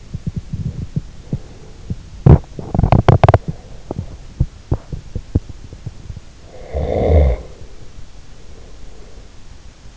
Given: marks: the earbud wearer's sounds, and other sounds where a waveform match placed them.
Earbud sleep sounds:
sounds in sleep by an in-ear microphone; teeth grinding, snoring breath
0.00-6.17 s: teeth grinding
6.63-7.73 s: snoring breath

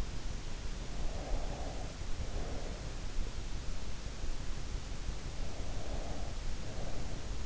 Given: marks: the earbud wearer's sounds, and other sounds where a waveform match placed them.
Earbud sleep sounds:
sounds in sleep by an in-ear microphone; breath
1.10-2.92 s: breath
5.52-7.40 s: breath

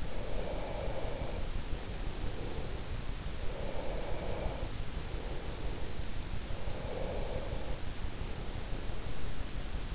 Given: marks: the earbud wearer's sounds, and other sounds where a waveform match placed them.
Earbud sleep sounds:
sounds in sleep by an in-ear microphone; breath
0.00-2.45 s: breath
3.75-5.43 s: breath
6.53-9.31 s: breath

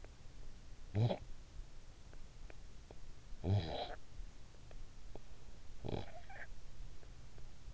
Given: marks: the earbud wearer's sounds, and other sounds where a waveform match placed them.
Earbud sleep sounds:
sounds in sleep by an in-ear microphone; snoring breath
0.56-1.56 s: snoring breath
3.07-4.16 s: snoring breath
5.62-6.70 s: snoring breath

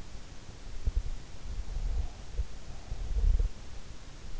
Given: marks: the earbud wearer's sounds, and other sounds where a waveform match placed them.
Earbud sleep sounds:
sounds in sleep by an in-ear microphone; breath
1.60-3.68 s: breath

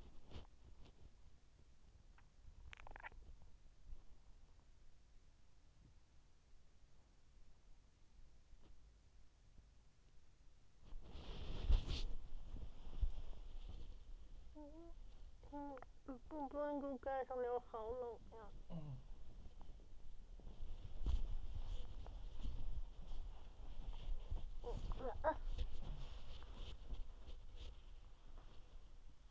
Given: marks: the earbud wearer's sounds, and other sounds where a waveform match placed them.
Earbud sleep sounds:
sounds in sleep by an in-ear microphone; body movement, swallowing, talking in sleep
0.00-1.49 s: body movement
2.01-3.70 s: swallowing
9.81-13.97 s: body movement
13.97-19.56 s: talking in sleep
19.56-29.31 s: body movement
23.98-25.80 s: talking in sleep

